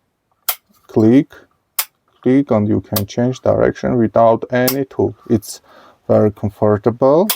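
The guard on the gear head of a Milwaukee 2888 variable speed angle grinder is turned by hand, without tools, to a new angle and snaps into the next detent with one sharp click at 0.5 s, so it is seated in its new position. Someone talks afterward.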